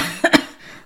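Two short, quick cough bursts about a tenth of a second apart from an adult woman, in a quiet small room. It is a lingering post-viral cough: after a small cold she has coughed constantly for two weeks, worse at night.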